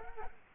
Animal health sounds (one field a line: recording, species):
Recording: mosquito wingbeat signal from an infrared sensor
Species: Culex quinquefasciatus